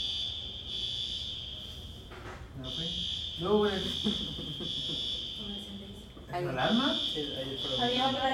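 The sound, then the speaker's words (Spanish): A shrill, high-pitched alarm buzzer rings steadily, breaking off briefly twice, while people talk over it. “¿Es ahí. La alarma?”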